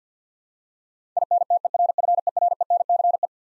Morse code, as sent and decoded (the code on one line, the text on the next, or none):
.. -. - . .-. ..-. . .-. . -. -.-. .
INTERFERENCE